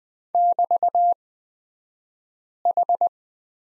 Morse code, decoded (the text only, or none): <BT>H